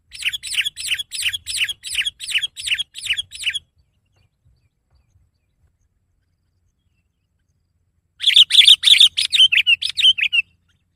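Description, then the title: Sooty-headed bulbul chirping in a fast series of sharp, bright notes, a burst of about three and a half seconds, a pause, then another rapid run of similar chirps. "kutilang"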